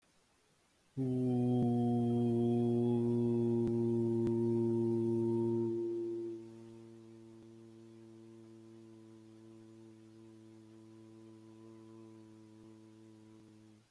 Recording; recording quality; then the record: sustained vowel as in boot; moderate, slight background noise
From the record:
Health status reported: exposed to COVID-19, no respiratory illness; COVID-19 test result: negative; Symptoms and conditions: cold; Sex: male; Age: 25 years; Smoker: not ticked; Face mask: not worn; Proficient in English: yes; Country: India